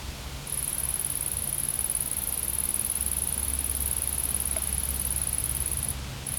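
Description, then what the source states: Insect noise as a continuous shrill high drone, starting half a second in and briefly dropping out near the end, with low background rumble. Recorded in a field.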